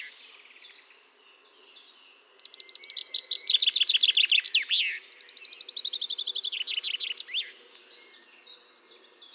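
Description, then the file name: Common chaffinch songs: a loud cascading trill of sharp notes ending in a flourish, followed by another trill, with fainter similar songs before and after. "Fringilla coelebs"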